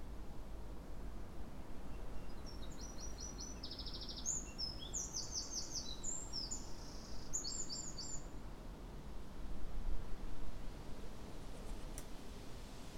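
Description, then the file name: Eurasian wren song: a vigorous stream of high trills and chattering bursts for about seven seconds, followed by steady low background rumble and a sharp click near the end. "Troglodytes troglodytes"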